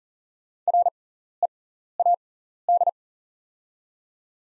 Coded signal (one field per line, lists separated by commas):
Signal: Morse code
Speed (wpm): 40 wpm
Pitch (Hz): 700 Hz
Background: none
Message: READ